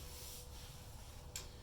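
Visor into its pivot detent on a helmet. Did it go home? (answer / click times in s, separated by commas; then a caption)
yes / 1.4 s. A helmet visor is moved on its pivot through its detent positions, with a faint rubbing sound over low background noise. A single sharp click at 1.4 s marks the visor locking firmly into a detent position.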